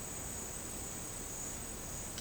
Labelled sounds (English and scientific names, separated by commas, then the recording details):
none
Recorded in secondary vegetation near Puerto Asís, Putumayo, Colombia, on 13 March 2025 at 13:00
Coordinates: 0.485, -76.322
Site G040